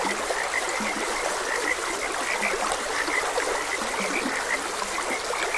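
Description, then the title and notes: Frogs sound off with low, grunting croaks and higher chirps here and there, all over a continuous trickling stream. Frogs croaking beside a gentle stream. "Gentle Stream and Frogs Croaking. Sleep and Relaxation Podcast"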